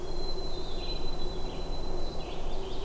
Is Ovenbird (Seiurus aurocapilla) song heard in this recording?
no